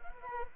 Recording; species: mosquito wingbeat signal from an infrared sensor; Anopheles arabiensis